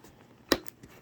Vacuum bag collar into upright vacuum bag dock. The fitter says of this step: and then you push it on until it clicks into place which can be a little tricky to get